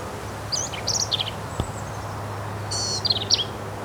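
Black-capped vireo song, two quick phrases of squeaky, chattering notes, with a brief click between them and a low hum beneath.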